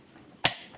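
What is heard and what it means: A replacement laptop keyboard is laid back into the laptop's plastic top case and pressed down at its corners so its retaining clips engage. A sharp click at 0.5 s rises out of a faint background, followed by a softer tick near the end, and the keyboard is seated in place.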